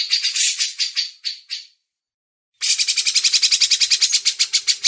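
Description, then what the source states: Grey-cheeked bulbul giving rapid, rasping, chattering notes. A short burst is followed by a silence, then a steadier, quicker run of buzzy pulses. Masteran tutoring recording.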